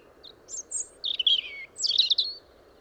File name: Erithacus rubecula